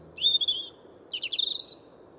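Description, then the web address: European robin song: a thin high whistle, a brief pause, then a quick series of rapidly repeated sharp notes forming a trill, with a faint low hum behind. "Deverinetal 2025 File origin Bird Only Er Ru"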